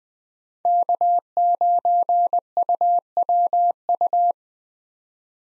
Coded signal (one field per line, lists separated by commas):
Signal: Morse code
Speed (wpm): 20 wpm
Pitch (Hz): 700 Hz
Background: none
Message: K9UWU